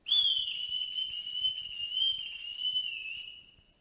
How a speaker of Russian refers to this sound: Что это? Кто-то свистит на улице и только...